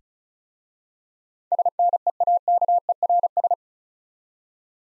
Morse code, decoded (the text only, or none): SNEAKERS